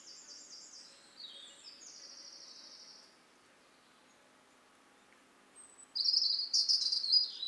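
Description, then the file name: European robin song: quiet thin high warbles, a pause, then a sudden loud, bright, trilling phrase at the end. "Erithacus rubecula"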